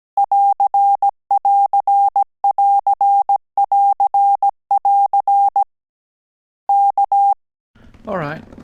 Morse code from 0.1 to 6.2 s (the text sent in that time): <AR><AR><AR><AR><AR>